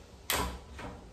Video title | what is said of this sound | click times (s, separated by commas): How to fix a loose toilet seat, soft close hidden bolts toilet seat fixing #loosetoiletseat #toilet | when i push those in if you listen carefully you should hear a click | 0.3 s